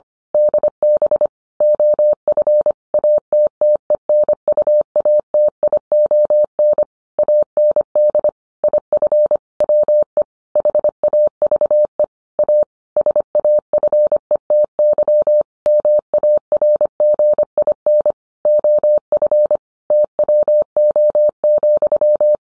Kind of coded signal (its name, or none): Morse code